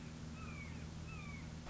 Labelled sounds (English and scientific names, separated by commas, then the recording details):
Red-shouldered Hawk (Buteo lineatus)
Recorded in Sonoma County, California